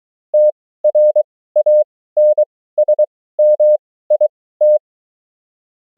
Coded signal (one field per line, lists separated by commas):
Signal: Morse code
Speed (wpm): 23 wpm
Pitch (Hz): 600 Hz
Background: none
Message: TRANSMIT